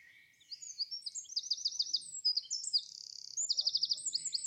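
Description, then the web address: Bird song of rapid high trills and buzzy notes alternating with fast looping phrases, continuing throughout. "cianscape birddata 2025"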